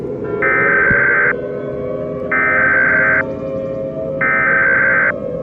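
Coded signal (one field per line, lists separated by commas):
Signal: Emergency Alert System (SAME) tones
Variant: header bursts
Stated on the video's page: Fictional weather scenario alert, simulated rather than a real broadcast.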